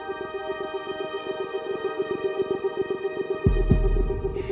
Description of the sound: Getting tinnitus is another. Some people describe it as ringing in the ears. It can also be more like a buzzing or hissing sound, maybe even like the sound of waves. It ranges from faint to loud, and sometimes with a steady, continuous pulse.